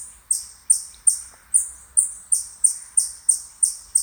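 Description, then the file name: Siberian chipmunk giving high, clipped chirps in a regular series, about three per second. Recorded in Tilburg. "Siberian chipmunk Eutamias sibiricus Daan Drukker Tilburg"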